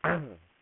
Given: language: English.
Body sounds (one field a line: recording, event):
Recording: throat vibration sensor signal played as sound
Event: throat clearing